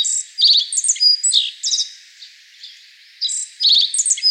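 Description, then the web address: Black-faced bunting song: two bright phrases of high chirps and short buzzy trills, separated by a pause of over a second, with faint background hiss. Recorded 25 May 2013. "birdenaga aoji"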